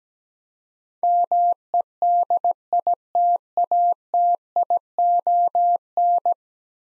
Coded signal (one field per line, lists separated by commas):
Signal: Morse code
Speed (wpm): 17 wpm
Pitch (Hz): 700 Hz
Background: none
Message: MEDITATION